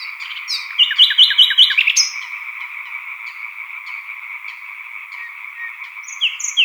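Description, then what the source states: European tree frogs calling in a continuous massed chorus; a nightingale sings a quick series of repeated notes early on, then the frogs carry on with only scattered faint notes until a few more bird calls at the very end. Chorus of European tree frogs at Sattenay; dated 140418.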